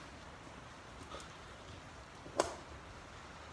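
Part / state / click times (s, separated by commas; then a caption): folding handle on a metal camp stove / seated / 2.4 s. The folding metal handle of a small Sterno camp stove is swung out against a quiet background with a faint, soft rustle near 1.2 s. It snaps into its locked position with one sharp metallic click at 2.4 s and holds sturdy, with little play.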